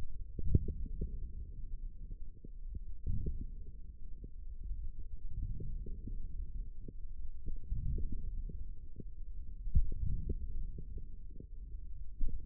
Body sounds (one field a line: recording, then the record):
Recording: forearm muscle sounds (acoustic myography)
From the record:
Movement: forearm supination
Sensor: system 1, eight BSWA MPA416 microphones around the upper forearm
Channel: 1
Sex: male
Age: 20 years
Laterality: left